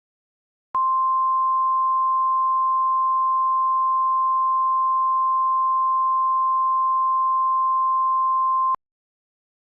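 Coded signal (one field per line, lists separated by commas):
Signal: Emergency Alert System (SAME) tones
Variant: 1050 Hz attention tone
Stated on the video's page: Recreation of a Tulsa tornado warning, a mock alert.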